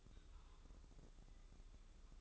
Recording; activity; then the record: daily activity, microphone in the room; take from stove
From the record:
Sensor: 3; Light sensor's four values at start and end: 26/80/33/29 and 26/80/33/29